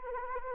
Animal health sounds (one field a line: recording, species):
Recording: mosquito wingbeat signal from an infrared sensor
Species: Anopheles arabiensis